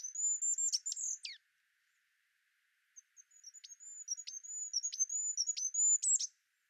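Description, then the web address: Bird song: very thin, high-pitched notes broken by quick downward flicks, delivered in two bursts with a pause of about one and a half seconds between them. "Ptichki"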